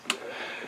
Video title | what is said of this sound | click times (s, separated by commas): How I Troubleshoot A Lawn Mower That Is Not Starting. #smallenginerepair #mowerrepair | go until you hear the click there's that | 0.1 s